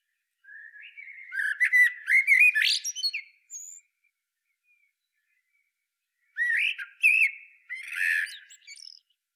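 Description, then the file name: Eurasian blackbird song in two phrases a few seconds apart, rich warbled whistles climbing into scratchy high twittering at the end of each. "Turdus merula"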